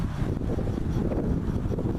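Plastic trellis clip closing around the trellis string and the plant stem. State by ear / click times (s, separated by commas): not seated / none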